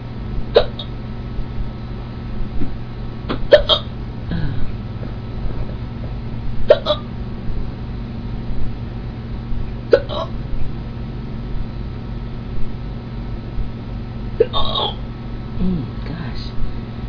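An adult's repeated hiccups at irregular intervals, after drinking sparkling water.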